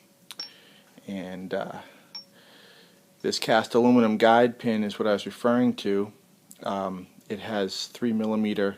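The cast aluminum guide pin of a Walther CP88 CO2 pistol pops out of the frame with two sharp hits at 0.3 s and 0.4 s, followed by faint handling sounds. Someone then talks. The pin's 3 mm internal threads are stripped, so it no longer holds the gun together.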